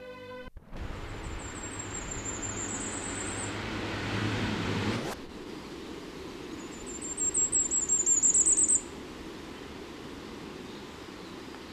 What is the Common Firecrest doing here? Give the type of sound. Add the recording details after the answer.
song. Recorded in the wild. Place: Baden-Baden, Baden-Württemberg, DE. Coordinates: 48.7656, 8.2287. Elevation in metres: 176. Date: 1976-04-22. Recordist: Tretzel, Erwin